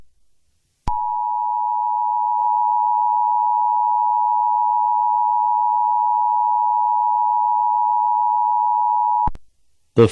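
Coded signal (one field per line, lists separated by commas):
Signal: Emergency Alert System (SAME) tones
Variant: 853 and 960 Hz attention tone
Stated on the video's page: A fictional EAS scenario, not a real alert.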